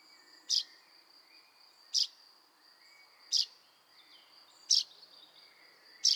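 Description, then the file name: Common chaffinch giving short, sharp call notes, five in all, repeated about every 1.4 seconds, over a steady thin high-pitched whine throughout. "Fringilla coelebs"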